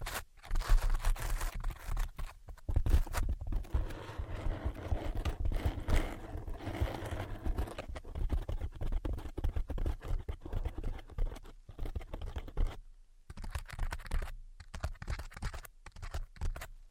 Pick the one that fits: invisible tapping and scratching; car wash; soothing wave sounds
invisible tapping and scratching